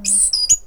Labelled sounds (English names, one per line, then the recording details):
Stitchbird song
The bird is a male
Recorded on Tiritiri Matangi Island, New Zealand, in 2005
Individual 18, of nest box 26